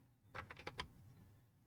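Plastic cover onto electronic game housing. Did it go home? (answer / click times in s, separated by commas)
no / none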